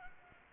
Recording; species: mosquito wingbeat signal from an infrared sensor; Anopheles arabiensis